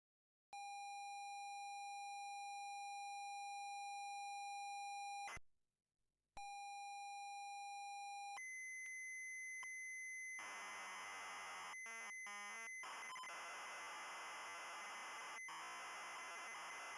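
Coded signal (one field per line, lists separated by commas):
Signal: ZX Spectrum tape loading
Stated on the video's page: Swedish ZX Spectrum software on tape, a previously unlisted missing-in-action program being preserved as TZX files.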